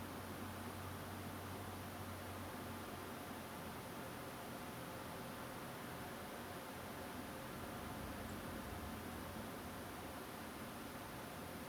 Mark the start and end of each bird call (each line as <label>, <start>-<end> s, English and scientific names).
Song Thrush (Turdus philomelos), 8.28-8.33 s